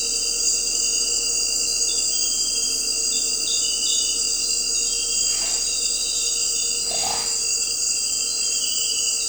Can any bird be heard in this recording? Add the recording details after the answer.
no. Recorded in dense forest near Puerto Asís, Putumayo, Colombia, on 4 March 2025 at 18:30. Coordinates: 0.467, -76.328. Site G041